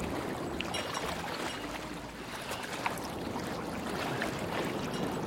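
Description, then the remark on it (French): Water splashes and churns steadily as someone swims a long distance through cold currents, a continuous rushing wash broken by small irregular slaps and sloshes, with no voices. “J'ai dû nager au moins la moitié de la distance.”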